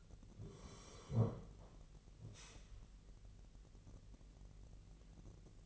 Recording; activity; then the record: daily activity, microphone in the room; sit down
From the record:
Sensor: 4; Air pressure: 1002.3 hPa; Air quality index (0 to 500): 248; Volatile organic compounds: 38 ppm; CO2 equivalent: 3122 ppm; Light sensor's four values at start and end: 11/24/10/9 and 10/23/9/9